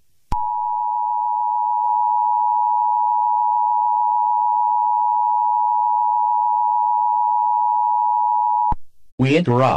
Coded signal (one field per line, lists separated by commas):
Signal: Emergency Alert System (SAME) tones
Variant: 853 and 960 Hz attention tone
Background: speech